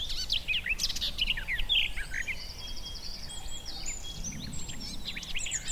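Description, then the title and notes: Garden warbler song, a rapid burst of rich warbling at the start, followed by softer trills and whistles. Male garden warbler, a migrant, singing a fluted, rather frenetic song in spring on a scrubby hillside with hawthorns in bloom; recorded by Fergus Collins. "Sound escape 65: be enchanted by the little-known song of the garden warbler. the scrubby hillside hawthorns burst into bloom. a male garden warbler into his fluted song. Recorded by Fergus Collins"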